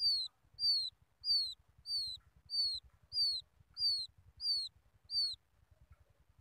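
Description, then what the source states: Quail chick gives about nine high, descending whistled peeps in steady rhythm, then falls silent for the last second. Quail chick calling its mother.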